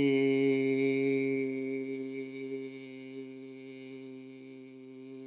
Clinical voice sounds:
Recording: sustained vowel /i/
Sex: male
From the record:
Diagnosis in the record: healthy control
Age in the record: 77 years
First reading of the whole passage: 68 s, 7.6 characters per second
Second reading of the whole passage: 60 s, 8.3 characters per second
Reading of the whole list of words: 67 s, 4.2 characters per second

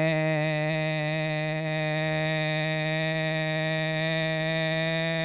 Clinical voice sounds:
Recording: sustained vowel /e/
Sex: male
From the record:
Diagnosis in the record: Parkinson's disease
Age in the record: 75 years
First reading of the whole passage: 62 s, 8.3 characters per second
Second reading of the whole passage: 57 s, 9.2 characters per second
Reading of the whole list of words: 53 s, 5.3 characters per second

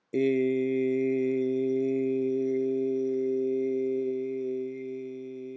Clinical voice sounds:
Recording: sustained vowel /i/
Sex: male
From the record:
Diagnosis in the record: healthy control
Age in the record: 68 years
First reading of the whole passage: 59 s, 8.4 characters per second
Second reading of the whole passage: 56 s, 8.8 characters per second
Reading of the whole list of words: 34 s, 8.3 characters per second

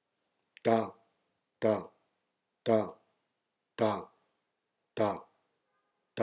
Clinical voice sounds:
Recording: repeated syllable /ta/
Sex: male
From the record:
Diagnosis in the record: healthy control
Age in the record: 68 years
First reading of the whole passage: 59 s, 8.7 characters per second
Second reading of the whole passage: 51 s, 9.9 characters per second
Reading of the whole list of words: 42 s, 6.7 characters per second

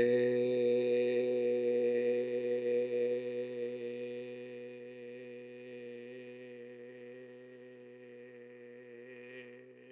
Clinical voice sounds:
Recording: sustained vowel /e/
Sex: male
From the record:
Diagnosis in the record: healthy control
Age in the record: 76 years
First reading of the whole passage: 56 s, 9.2 characters per second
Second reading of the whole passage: 53 s, 9.7 characters per second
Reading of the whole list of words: 49 s, 5.7 characters per second

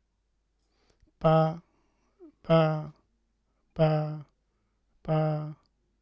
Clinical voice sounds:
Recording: repeated syllable /pa/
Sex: male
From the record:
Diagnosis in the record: Parkinson's disease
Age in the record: 71 years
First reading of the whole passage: 62 s, 8.3 characters per second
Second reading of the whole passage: 53 s, 9.9 characters per second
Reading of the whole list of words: 66 s, 4.2 characters per second

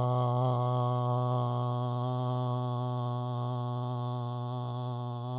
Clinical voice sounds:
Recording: sustained vowel /a/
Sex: male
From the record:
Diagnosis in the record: Parkinson's disease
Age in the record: 68 years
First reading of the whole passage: 85 s, 6.1 characters per second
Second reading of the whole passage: 63 s, 8.2 characters per second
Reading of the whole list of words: 49 s, 5.8 characters per second

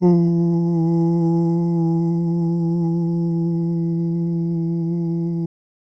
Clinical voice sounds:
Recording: sustained vowel /u/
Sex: male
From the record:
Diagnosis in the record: Parkinson's disease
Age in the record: 77 years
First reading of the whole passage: 65 s, 8.0 characters per second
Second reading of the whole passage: 61 s, 8.5 characters per second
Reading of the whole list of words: 50 s, 5.6 characters per second

